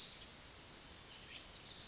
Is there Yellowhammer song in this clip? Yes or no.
no